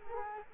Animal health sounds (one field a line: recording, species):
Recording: mosquito wingbeat signal from an infrared sensor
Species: Culex quinquefasciatus